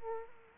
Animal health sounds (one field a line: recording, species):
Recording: mosquito wingbeat signal from an infrared sensor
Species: Aedes aegypti